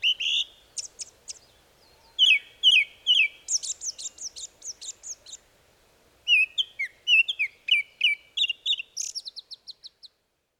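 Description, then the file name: Japanese thrush song of varied phrases: clear whistles mixed with rapid trilled and squeaky notes, delivered in three bursts separated by short pauses. Recorded in Tsukuba, Japan. "kurotsugumi tsukuba"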